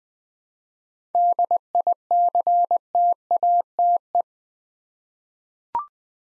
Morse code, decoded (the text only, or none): DICTATE